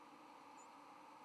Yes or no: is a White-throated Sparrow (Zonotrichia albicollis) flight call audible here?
no